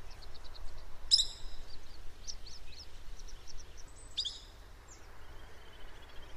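Bird giving soft high chirps in quick succession, broken by two sharp louder notes about three seconds apart, over a steady low rumble.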